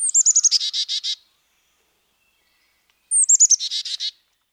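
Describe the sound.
Carolina chickadee chick-a-dee calls, given twice: a few high, sliding introductory notes followed by a run of several rapid, buzzy dee notes, with silence between.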